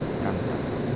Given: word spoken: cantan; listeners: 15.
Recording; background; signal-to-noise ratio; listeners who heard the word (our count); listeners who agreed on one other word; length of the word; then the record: one Spanish word in noise, from a listening test; speech-shaped noise; -6.1 dB; 2 of 15; 8 of 15; 0.56 s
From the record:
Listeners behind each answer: 8, 2, 1, 1, 1, 1, 1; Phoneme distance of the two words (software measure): 7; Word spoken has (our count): 2 syllables, 6 phonemes, stress on syllable 1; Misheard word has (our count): 2 syllables, 5 phonemes, stress on syllable 1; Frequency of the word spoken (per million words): 6.58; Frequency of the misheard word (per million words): 13.89